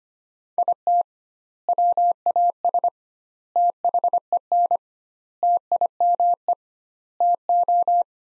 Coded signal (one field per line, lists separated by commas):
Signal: Morse code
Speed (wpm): 25 wpm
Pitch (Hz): 700 Hz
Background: none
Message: IT WAS THEN TIME TO